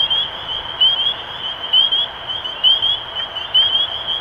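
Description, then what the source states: Spring peepers: clear rising peeps repeated about once a second above a softer, continuous peeping chorus. Recorded 23 March 2012.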